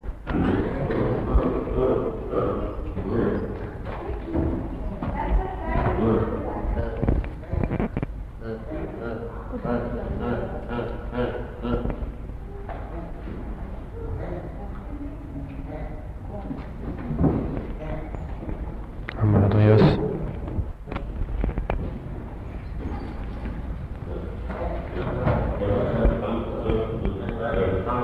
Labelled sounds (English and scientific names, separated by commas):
Hamadryas Baboon (Papio hamadryas)